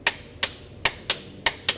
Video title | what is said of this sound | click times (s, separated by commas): HOW TO re-tension the head on an Alfa Spider with Giancarlo | hear the torque wrench click | 0.1 s, 0.4 s, 0.9 s, 1.1 s, 1.5 s, 1.7 s